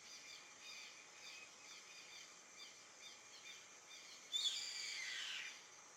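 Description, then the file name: Yellow-headed caracara letting out a sudden harsh, wheezy scream near the end, descending over about a second, after a stretch of faint high chirps and steady background hiss. "Canto do gaviao carrapateiro Milvago chimachima"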